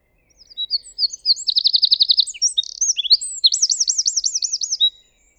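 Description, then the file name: Eurasian wren song: a rapid, high-pitched run of tinkling notes and two fast buzzy trills, lasting about four and a half seconds, with no other sounds. "Troglodytes troglodytes"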